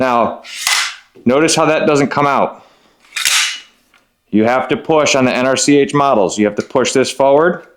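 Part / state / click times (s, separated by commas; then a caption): bolt-release part in rifle upper receiver / not seated / none. Someone talks while handling the bolt-release part inside the upper receiver of an FN SCAR 15P rifle (NRCH model), which must be pushed forward to snap in and free the bolt to slide out. Brief noisy bursts occur between the speech, around 0.7 s and 3.2 s. The clip ends before the part goes home, so nothing has seated or snapped in yet.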